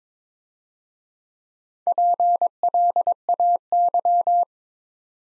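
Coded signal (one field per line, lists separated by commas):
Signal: Morse code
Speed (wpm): 22 wpm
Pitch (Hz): 700 Hz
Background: none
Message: PLAY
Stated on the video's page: Easy-word Morse practice at 17 wpm with contextual hints.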